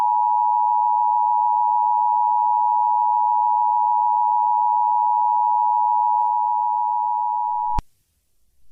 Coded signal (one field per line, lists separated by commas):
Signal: Emergency Alert System (SAME) tones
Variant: 853 and 960 Hz attention tone